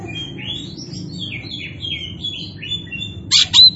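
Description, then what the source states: Oriental magpie-robin song: a soft, flowing series of warbled whistles, ending in a sudden loud harsh burst and a bright note. Kacer poci variety; gacor, an Indonesian term for a bird singing actively and continuously.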